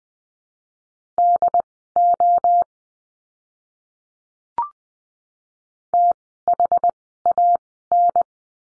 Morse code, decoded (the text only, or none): DO THAN